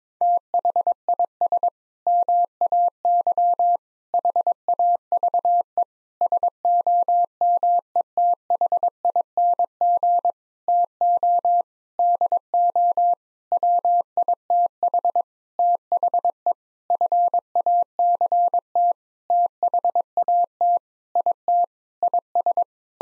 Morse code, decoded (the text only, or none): THIS MAY HAVE SOMETHING TO DO WITH THE FACT THAT IT IS